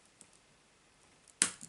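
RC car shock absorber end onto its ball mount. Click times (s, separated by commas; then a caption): 1.4 s. On the front assembly of a Hobao Hyper Star e RC car, the plastic shock absorber end is pressed onto its ball stud mount and snaps on with a sharp, loud click at 1.4 s, leaving it clipped in place. Faint ticks come at 0.2 s and 1.3 s, and a softer tap follows at 1.6 s.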